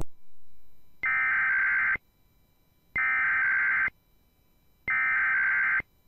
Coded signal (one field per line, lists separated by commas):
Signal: Emergency Alert System (SAME) tones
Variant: header bursts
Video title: Tests, Weather Alerts & More! (EAS 329-350) 9/20/2021 & 9/21/2021